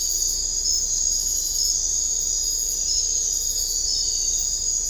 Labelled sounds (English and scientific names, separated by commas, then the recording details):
none
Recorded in dense forest near Puerto Asís, Putumayo, Colombia, on 21 December 2024 at 23:00
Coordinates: 0.500, -76.322
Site G053